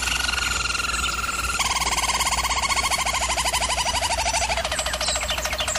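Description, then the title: German Roller canary song: rapid rolling trills switching abruptly between tours, with a fast pulsed roll that slowly falls in pitch midway. German Roller canary singing; canary training. "German Roller Canary Singing - Canary Training Vid"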